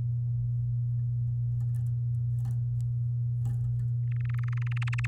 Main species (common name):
Domestic Canary